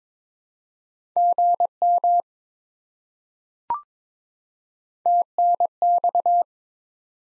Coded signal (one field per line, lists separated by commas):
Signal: Morse code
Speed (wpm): 22 wpm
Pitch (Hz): 700 Hz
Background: none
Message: GM TNX